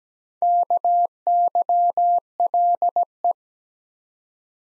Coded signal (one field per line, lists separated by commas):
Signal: Morse code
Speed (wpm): 17 wpm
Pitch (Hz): 700 Hz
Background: none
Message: KYLE